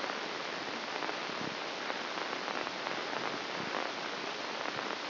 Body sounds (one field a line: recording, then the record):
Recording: brain microelectrode recording played as sound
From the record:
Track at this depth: inside the subthalamic nucleus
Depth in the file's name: 6.305 mm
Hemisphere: left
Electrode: 2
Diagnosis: Parkinson's disease